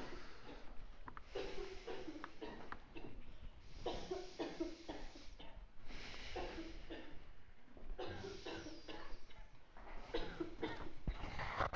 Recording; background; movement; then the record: deep breathing; a bystander coughing; walking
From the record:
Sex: male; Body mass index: 21.0 kg/m2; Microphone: on the chest, facing outward